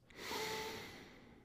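A single slow, airy breath in and out with a faint whistling tone that swells and then fades over about a second and a half. It is a demonstrated calming breath. Slow, deep breathing stimulates the vagus nerve and the parasympathetic nervous system, helping move the mind from anxious, tense states back to focused, calm ones.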